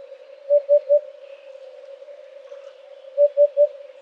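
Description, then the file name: Eurasian hoopoe: two sets of three soft, low, evenly spaced hoots, nearly three seconds apart, against a steady hum. "huppe fasciee"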